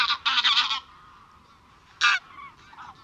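A lost wild goose flying a few metres overhead above a fog bank, separated from its flock, honks to find them in a loud, harsh burst of calls, then falls quiet before one more short honk and a fainter trailing call.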